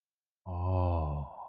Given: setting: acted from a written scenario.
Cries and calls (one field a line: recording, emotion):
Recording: vocal sound without words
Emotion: awe